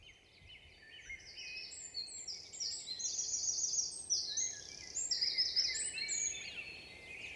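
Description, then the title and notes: Eurasian wren song: a long, energetic sequence of very high, rapid trills and sharp notes, swelling in the middle and fading at the end. Recorded 27 March 2020 at Val Maravel in forest, stereo, Nagra Seven with MKH8040 microphones; vigorous, nervous song asserting presence to any potential rival. "UN VENT DE TROGLODYTE. 27 mars 2020-Val Maravel - Nagra seven - stéréo - mkh8040 Un Troglodyte mignon (Troglodytes troglodytes) affirme par son chant vigoureux sa présence à tout concurrent potentiel"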